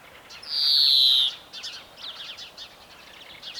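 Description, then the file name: European greenfinch song: a loud, drawn-out buzzy wheeze sliding slightly downward, followed by soft, scattered twittering notes. "Chloris chloris"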